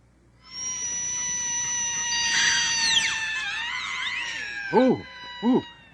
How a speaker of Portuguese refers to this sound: Eu acho que ela precisa de anestesia. Eu não sei o que está acontecendo. Por que essa gritaria?